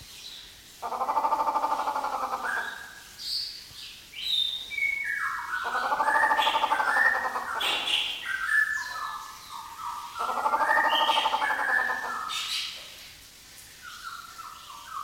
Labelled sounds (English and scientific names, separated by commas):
White-rumped Shama (Copsychus malabaricus)